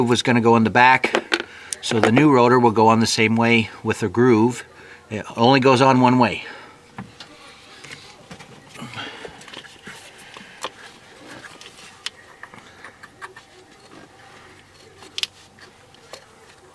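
Someone talks while a new plastic distributor rotor is lined up with the groove on the distributor shaft of a 2000–2008 Dodge Dakota during a cap and rotor replacement for a no-start condition. After the talking stops at about 6.5 s, only quiet handling noises and small ticks follow. The rotor has not yet clicked or seated onto the shaft.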